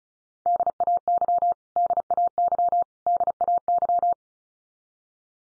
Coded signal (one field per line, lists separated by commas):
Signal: Morse code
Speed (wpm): 34 wpm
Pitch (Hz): 700 Hz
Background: none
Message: DAY DAY DAY